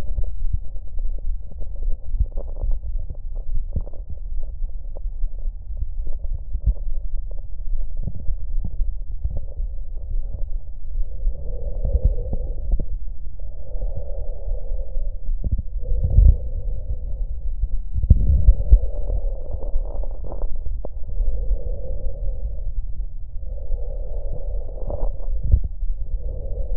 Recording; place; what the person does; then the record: lung sounds by stethoscope; left anterior apical chest; quiet breathing, then deep breathing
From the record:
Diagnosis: none (healthy); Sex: male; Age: 35 years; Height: 186 cm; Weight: 108 kg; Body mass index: 31.2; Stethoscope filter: extended mode